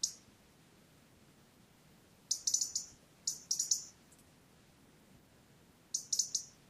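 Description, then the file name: European robin giving high, thin ticking notes in quick small clusters, separated by pauses of quiet background hiss. "Erithacus rubecula"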